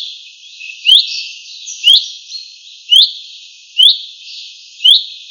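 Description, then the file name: Common chaffinch giving five clear upslurred whistled calls, each brief and rising, spaced about one second apart. "Fringilla coelebs"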